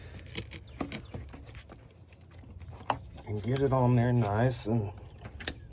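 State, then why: Seated. On a 2011–2014 Mustang GT 5.0, the plastic quick-connect fitting of a new upper radiator hose is pushed onto the radiator neck while someone talks, with small handling clicks and rattles throughout. A sharp snap at 5.5 s marks the fitting seating into place, and a tug confirms it is locked on.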